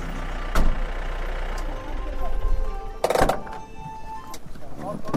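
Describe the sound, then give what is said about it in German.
A truck engine drones low and steady as a construction contractor's vehicle pulls off along a steep new road being built in the Indian Himalaya, with a couple of sharp knocks and a door-like thump breaking through the rumble. “Der Bauunternehmer weist uns noch den Weg und fährt davon.”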